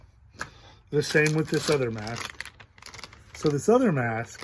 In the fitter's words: and they lock into place